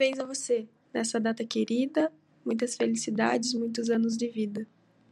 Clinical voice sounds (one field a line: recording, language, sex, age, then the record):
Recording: short text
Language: Brazilian Portuguese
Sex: female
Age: 20 to 29 years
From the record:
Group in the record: control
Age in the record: 23 years